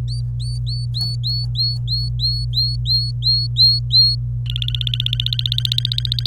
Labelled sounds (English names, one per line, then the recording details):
Domestic Canary song
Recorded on 26 April 2018 at 08:45
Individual llb3